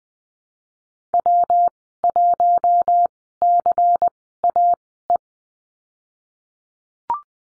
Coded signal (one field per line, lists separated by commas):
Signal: Morse code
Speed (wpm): 20 wpm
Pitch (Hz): 700 Hz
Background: none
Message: W1CAE